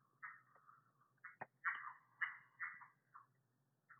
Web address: phyllomedusidae Agalychnis-callidryas